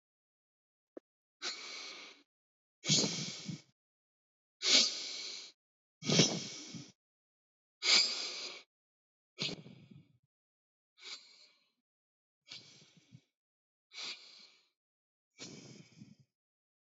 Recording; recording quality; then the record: deep breathing; excellent, no background noise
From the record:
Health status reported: healthy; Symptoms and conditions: none ticked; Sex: male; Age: 24 years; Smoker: not ticked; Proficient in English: yes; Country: India